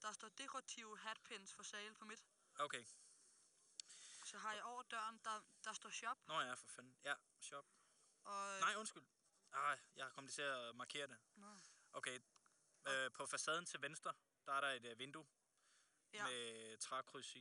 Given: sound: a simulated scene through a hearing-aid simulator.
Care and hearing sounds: conversation; quiet; 75 dB SPL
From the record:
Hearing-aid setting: IV (slow-acting compression, loudness normalization); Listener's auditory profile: C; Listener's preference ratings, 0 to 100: 83, 89, 86

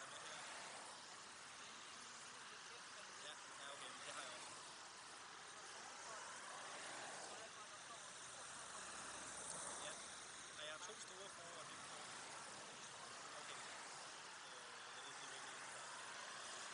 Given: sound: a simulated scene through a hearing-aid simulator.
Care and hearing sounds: conversation; traffic; -6 dB SNR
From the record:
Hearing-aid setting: anchor resembling a broken hearing aid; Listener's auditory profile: A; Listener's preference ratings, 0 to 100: 1, 0, 0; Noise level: 75 dB SPL

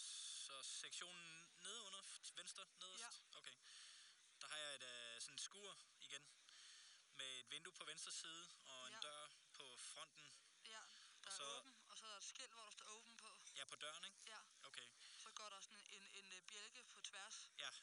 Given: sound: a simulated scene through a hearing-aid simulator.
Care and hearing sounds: conversation; quiet; 65 dB SPL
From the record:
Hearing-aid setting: I (fast-acting compression, audibility-based gain); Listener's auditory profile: B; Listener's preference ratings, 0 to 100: 89, 91, 84

